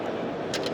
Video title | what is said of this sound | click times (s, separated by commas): Sennheiser Unveils the TCC M at Enterprise Connect 2025! | Pops right in. | 0.5 s